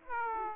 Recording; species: mosquito wingbeat signal from an infrared sensor; Aedes aegypti